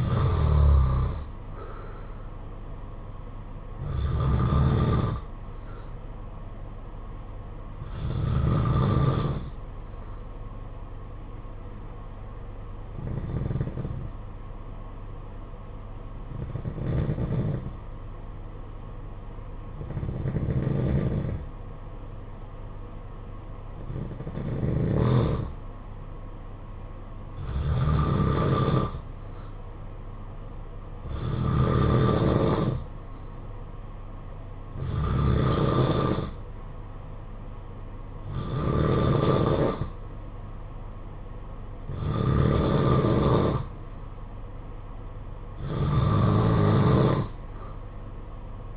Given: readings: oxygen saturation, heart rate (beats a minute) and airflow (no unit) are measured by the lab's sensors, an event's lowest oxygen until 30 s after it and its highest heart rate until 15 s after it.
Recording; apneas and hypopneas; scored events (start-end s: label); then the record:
breathing in sleep by a smartphone at the bedside; 1
7.00-28.60 s: hypopnea (N2, oxygen 94% highest, then 90% lowest, heart rate 53 at the start, 58 highest)
From the record:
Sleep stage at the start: N2 (light sleep); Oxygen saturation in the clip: 91 to 94%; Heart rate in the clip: 51 to 58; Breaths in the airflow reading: 13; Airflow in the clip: -7.6 to 6.9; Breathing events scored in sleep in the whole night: 476 in 9.7 hours asleep